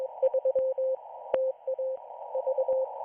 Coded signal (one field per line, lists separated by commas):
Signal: Morse code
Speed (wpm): 21 wpm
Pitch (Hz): 520 Hz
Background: none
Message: 3 TA V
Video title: Israeli Navy Radiostation 4XZ (Morse Code)